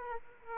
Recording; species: mosquito wingbeat signal from an infrared sensor; Aedes aegypti